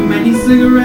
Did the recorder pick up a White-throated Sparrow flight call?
no